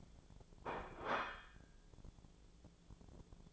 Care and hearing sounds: daily activity, microphone in the room; place plate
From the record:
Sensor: 5

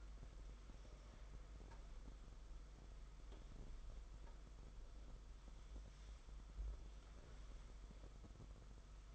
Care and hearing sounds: daily activity, microphone in the room; wipe stove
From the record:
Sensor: 5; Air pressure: 991.6 hPa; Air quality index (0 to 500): 124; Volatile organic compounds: 53 ppm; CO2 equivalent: 3334 ppm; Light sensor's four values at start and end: 34/101/40/43 and 33/97/39/41

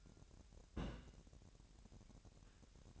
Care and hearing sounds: daily activity, microphone in the room; place on stove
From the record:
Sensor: 2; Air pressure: 1011.9 hPa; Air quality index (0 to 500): 198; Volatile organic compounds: 3 ppm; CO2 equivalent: 1402 ppm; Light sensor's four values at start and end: 73/174/72/70 and 73/173/72/70

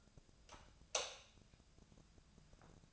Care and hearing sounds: daily activity, microphone in the room; light off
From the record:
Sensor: 2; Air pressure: 999.9 hPa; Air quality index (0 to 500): 119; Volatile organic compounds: 2 ppm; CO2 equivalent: 1022 ppm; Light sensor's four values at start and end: 36/94/40/43 and 32/79/34/38

